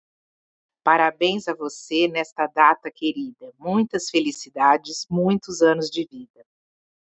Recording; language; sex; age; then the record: short text; Brazilian Portuguese; female; 50 to 59 years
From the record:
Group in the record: control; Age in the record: 52 years